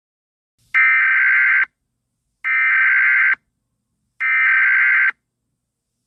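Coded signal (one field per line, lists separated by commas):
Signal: Emergency Alert System (SAME) tones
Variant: header bursts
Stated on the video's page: Fictional end-of-the-world EAS scenario using valid EAS tones; made for entertainment.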